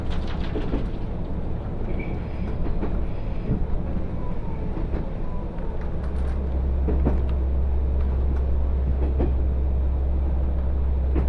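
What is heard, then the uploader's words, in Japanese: A steady, loud rumble from inside a moving train car fills the whole recording, deep and constant. Sharp rattles and clacks from the wheels and carriage break through every second or two, and the low drone swells a little heavier after the halfway point. 耳で楽しむ鉄道旅 徳島線 藍よしのがわトロッコ 貞光→学。トロッコ車両に乗っていましたが、意外に風が冷たく感じるので普通車のほうに避難してきました。こちらのほうが静かでしたので、半分寝ながら移動していました。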